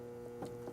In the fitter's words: And you can hear the pop, it comes out.